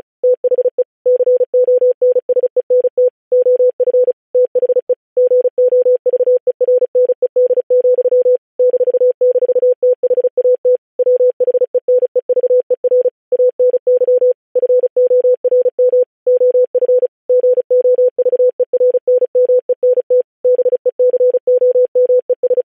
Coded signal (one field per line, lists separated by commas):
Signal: Morse code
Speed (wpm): 36 wpm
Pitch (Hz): 500 Hz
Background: none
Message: THE CONSENT OF THE GOVERNED, --THAT WHENEVER ANY FORM OF GOVERNMENT BECOMES